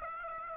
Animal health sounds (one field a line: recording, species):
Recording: mosquito wingbeat signal from an infrared sensor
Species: Aedes aegypti